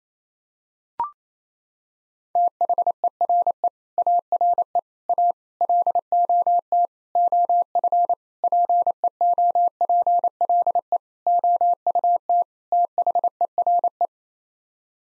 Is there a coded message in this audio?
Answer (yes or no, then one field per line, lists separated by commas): yes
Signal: Morse code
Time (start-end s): 2.4-14.1 s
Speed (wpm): 28 wpm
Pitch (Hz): 700 Hz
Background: none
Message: THERE ARE A LOT OF PEOPLE OUT THERE